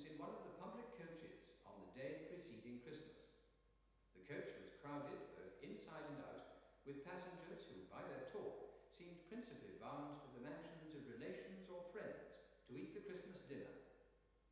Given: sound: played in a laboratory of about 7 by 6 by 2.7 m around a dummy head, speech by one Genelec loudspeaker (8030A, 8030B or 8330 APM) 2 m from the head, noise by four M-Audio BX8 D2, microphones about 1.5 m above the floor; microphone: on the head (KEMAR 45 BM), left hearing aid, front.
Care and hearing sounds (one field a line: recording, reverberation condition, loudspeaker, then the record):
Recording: male speech in English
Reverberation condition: high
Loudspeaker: in front (0 degrees)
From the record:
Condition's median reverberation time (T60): about 1300 ms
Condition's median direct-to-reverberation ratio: about -4.0 dB